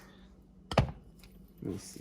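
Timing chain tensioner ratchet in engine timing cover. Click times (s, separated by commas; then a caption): 0.7 s. A pry bar levers the arm of the hydraulic timing chain tensioner against the timing chain inside the engine timing cover, on a K24 engine during a K20 Type S oil pump install. A sharp metallic click at 0.7 s marks the tensioner's ratchet advancing one notch and seating, followed by fainter taps, and then someone talks.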